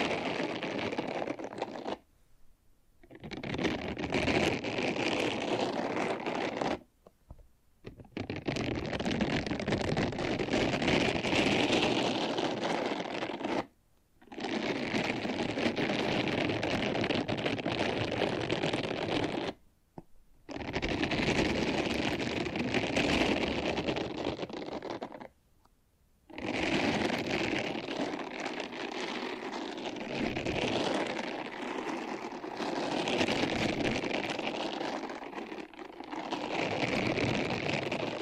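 Dense, steady scratching and brushing fills long stretches, broken by brief silent gaps at roughly six-second intervals, with no talking.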